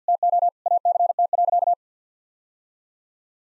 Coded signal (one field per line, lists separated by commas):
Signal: Morse code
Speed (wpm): 49 wpm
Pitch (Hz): 700 Hz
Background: none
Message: TO ACT.